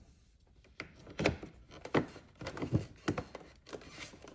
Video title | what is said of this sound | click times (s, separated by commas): Protect Your Motorcycle From A REAR end COLLISION - PathfinderLED Center Tail Light | and it just snaps right in place where we removed that plastic cover | 0.8 s, 1.3 s